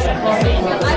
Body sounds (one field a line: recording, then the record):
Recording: background sound without coughing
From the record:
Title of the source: Nightlife Party Simulating Party Club Noise 1 Hour